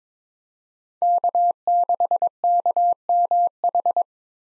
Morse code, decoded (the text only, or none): K6KMH